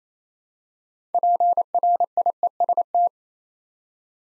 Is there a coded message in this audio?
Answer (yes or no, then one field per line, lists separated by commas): yes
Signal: Morse code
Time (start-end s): 1.1-3.1 s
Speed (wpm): 27 wpm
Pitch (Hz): 700 Hz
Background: none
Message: PRIEST